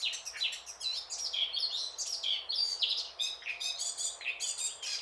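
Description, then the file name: Eurasian blackcap song: a dense, fast, chattering warble of high squeaky and scratchy notes mixed with short clear whistles, running on without a break. "Sylvia atricapilla"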